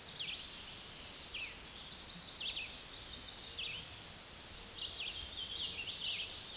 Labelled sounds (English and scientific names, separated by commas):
Chestnut-sided Warbler (Setophaga pensylvanica) song